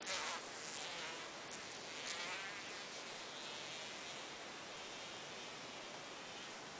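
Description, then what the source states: Fly buzzing in a continuous, rough drone with slight surges in loudness, steady throughout with no other clear sounds. Fly caught in a spider web; recorded 29 September 2009.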